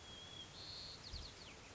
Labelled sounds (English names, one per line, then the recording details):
White-crowned Sparrow
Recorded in Sonoma County, California